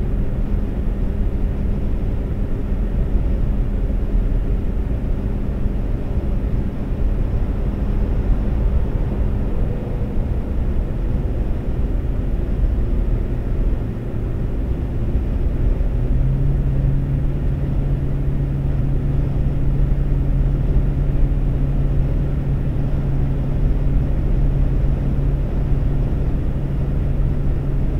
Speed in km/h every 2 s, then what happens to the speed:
132, 132, 132, 132, 132, 130, 132, 132, 130, 132, 132, 132, 132, 132.
0-28 steady at about 132.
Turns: none.